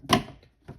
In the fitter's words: down and make sure it clicks into place. Down. Click.